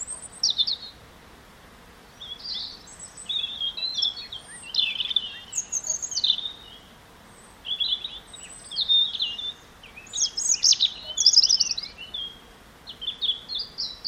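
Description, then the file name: European robin singing almost continuously, one high, shimmering phrase after another, with sharp pitch leaps and short pauses between bursts. "Erithacus rubecula"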